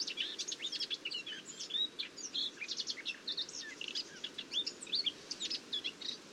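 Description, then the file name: Eurasian blackcap pouring out a dense, rapid warble of sharp chirps and whistles, notes tumbling quickly one after another over faint hiss. "Sylvia atricapilla"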